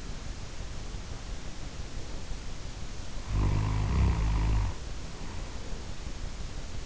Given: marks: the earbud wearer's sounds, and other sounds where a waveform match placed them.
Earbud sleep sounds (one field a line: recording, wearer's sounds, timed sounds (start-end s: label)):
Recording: sounds in sleep by an in-ear microphone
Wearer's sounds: snoring breath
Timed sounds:
3.13-5.74 s: snoring breath